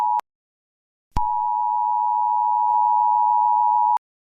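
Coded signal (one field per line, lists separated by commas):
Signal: Emergency Alert System (SAME) tones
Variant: 853 and 960 Hz attention tone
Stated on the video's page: Fictional fan-made EAS scenario about missing planes.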